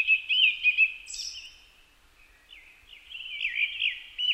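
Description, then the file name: Japanese thrush song: a cluster of warbled whistles, a short high thin note, a quiet pause, then a further string of rising and falling fluty phrases. Recorded 4 May 2010 at 18:30. "kurotugumi-20100504-1830"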